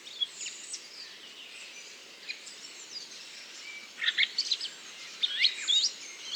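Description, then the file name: Redwing subsong: faint high warbling notes early, then a louder burst of squeaky, chattering phrases near the end, over constant soft background hiss. Solitary bird giving subsong (babil) in Bois du Puech, recorded with Telinga. "grive-mauvis-babil-solitaire-version-1-extrait-bois-du-puech-F 4 telinga"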